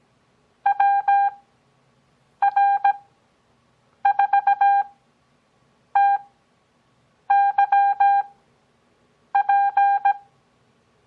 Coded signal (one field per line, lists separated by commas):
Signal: Morse code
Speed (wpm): 17 wpm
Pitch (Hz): 800 Hz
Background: none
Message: WR4TYP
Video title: Copy Morse Code 5th Grade